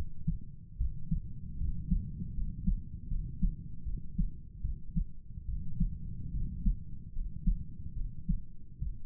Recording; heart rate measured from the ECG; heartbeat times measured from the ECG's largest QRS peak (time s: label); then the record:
heart sounds by stethoscope; 75 bpm
0.78 s: heartbeat
1.58 s: heartbeat
2.34 s: heartbeat
3.08 s: heartbeat
3.84 s: heartbeat
4.62 s: heartbeat
5.46 s: heartbeat
6.32 s: heartbeat
7.13 s: heartbeat
7.94 s: heartbeat
8.79 s: heartbeat
From the record:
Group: healthy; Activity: rest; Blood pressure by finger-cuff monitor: 109/70 mmHg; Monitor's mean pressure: 80 mmHg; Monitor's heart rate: 74 bpm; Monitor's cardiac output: 6.8 L/min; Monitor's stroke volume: 93 mL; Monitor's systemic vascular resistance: 810 dyn s/cm5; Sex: male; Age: 35 years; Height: 180 cm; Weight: 86.9 kg